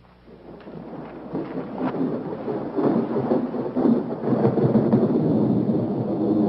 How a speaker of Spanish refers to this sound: Se avecina una tormenta.